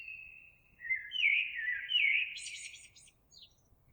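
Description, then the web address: Eurasian blackbird song: a mellow fluted warble that slides and wavers, then breaks into a thin, high squeaky twitter before falling quiet. Recorded 26 April 2022. "oiseaux Merle 2022 04 26"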